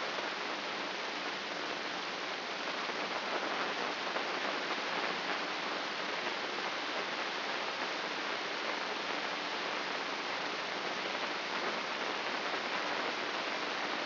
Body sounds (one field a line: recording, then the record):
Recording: brain microelectrode recording played as sound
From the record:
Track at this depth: outside the subthalamic nucleus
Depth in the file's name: 7.228 mm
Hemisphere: left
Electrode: 3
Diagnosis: Parkinson's disease